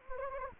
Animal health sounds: mosquito wingbeat signal from an infrared sensor; Anopheles gambiae

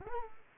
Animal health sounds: mosquito wingbeat signal from an infrared sensor; Culex quinquefasciatus

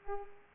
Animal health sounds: mosquito wingbeat signal from an infrared sensor; Culex pipiens

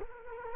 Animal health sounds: mosquito wingbeat signal from an infrared sensor; Culex quinquefasciatus

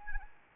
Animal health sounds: mosquito wingbeat signal from an infrared sensor; Anopheles arabiensis

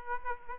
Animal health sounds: mosquito wingbeat signal from an infrared sensor; Aedes aegypti

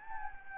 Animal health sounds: mosquito wingbeat signal from an infrared sensor; Anopheles gambiae

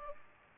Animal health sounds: mosquito wingbeat signal from an infrared sensor; Aedes aegypti

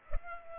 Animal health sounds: mosquito wingbeat signal from an infrared sensor; Culex pipiens

